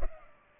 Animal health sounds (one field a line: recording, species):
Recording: mosquito wingbeat signal from an infrared sensor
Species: Culex pipiens